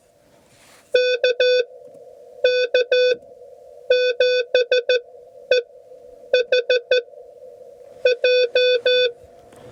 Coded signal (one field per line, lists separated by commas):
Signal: Morse code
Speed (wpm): 14 wpm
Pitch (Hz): 500 Hz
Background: none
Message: KK7EHJ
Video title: Learning CW the Hard Way - Back to Coronado National Forest (POTA)